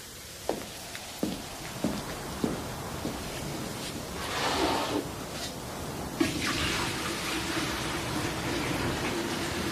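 Ice-cold seawater splashes and pours steadily into a foot-bath basin. It starts with a few sharp knocks and sloshes, then becomes a continuous rushing pour that swells and settles into a steady stream.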